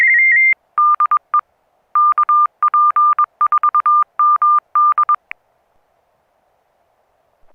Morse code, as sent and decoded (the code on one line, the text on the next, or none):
-.. . / -.- .--. ....- -- -..
DE KP4MD